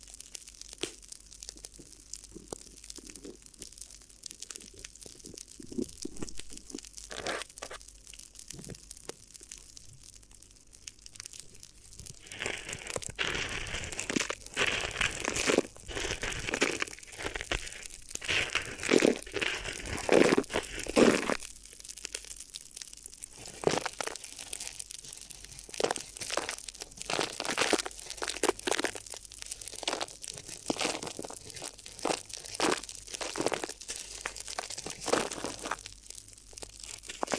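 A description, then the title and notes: Crinkly material is rubbed and crumpled for an ear massage, a dense run of crackling, bright rustles throughout. The sound thickens into a busier, louder stretch around 12 to 23 seconds, then returns to sharper, separate crinkles with brief gaps. A low hum sits underneath. ASMR Addictive Crinkly Ear Massage (No Talking).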